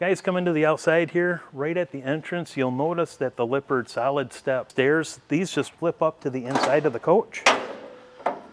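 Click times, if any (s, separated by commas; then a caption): 8.3 s. Someone talks at the entrance of a Keystone Cougar 29RLI fifth-wheel camper while the folding metal entry steps are flipped up toward the inside of the door. A sharp knock at 8.3 s marks the steps' side catches, like little wings, locking onto the inside framework of the door frame, seating the steps in place.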